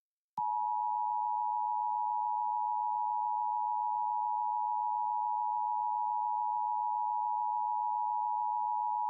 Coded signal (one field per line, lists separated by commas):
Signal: Emergency Alert System (SAME) tones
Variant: 853 and 960 Hz attention tone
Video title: LIVE AM/MW DX: DX Central Live - S. 3, Ep. 3 | Friday October 7, 2022 | MWFC: 670-702 kHz